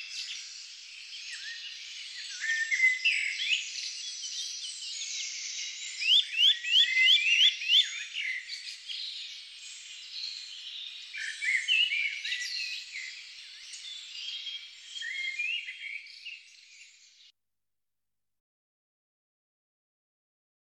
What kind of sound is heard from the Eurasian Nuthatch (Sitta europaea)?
song